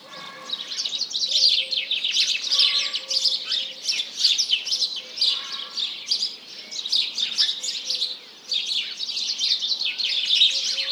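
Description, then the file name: House Sparrows keep up a thick, restless chirping chorus. Large flock calling in the morning at 07:30 on 1 March 2007. "Réveil des oiseaux"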